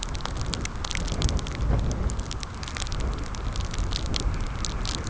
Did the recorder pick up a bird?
no